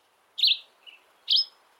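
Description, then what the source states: Yellow-green Vireo singing two quick, chirpy phrases with a faint short note between them. Sings on its summer breeding grounds in Belize; a migratory songbird.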